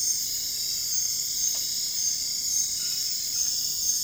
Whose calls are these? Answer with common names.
none